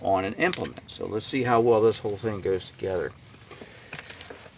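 A stump grinder attachment is being handled for fitting into the mount of a Kubota B2601 tractor while someone talks. After the talking stops, a few light metallic clinks come at about 3.9 to 4.2 seconds. Nothing has seated or clicked into place yet.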